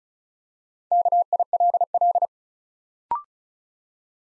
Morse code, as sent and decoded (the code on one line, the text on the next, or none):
-.- .. .-.. .-..
KILL